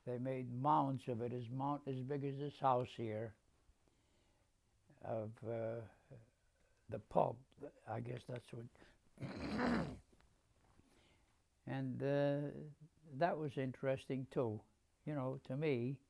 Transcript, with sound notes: They made mounds of it as big as this house here of the pulp, I guess that's [clears throat] And that was interesting, too, you know, to me.